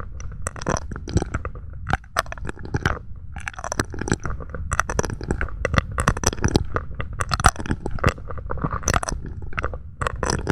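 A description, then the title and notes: Wet mouth sounds fill the clip: quick clicks, smacks and crunchy pops come in dense, irregular bursts every fraction of a second. Some hits are sharp and bright, others softer and lower, with brief quiet gaps between clusters and a faint dull thumping underneath. ASMR mouth sounds + mic pumping, swirling, tapping, and gripping.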